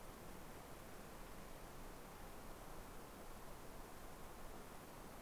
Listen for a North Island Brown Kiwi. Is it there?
no